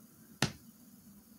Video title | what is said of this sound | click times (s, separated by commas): Crochet Bee Tutorial | um so you're just gonna wanna snap um i'm gonna be really quiet so maybe you can hear a snap | 0.4 s